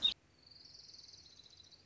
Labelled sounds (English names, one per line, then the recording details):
Orange-crowned Warbler
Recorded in Sonoma County, California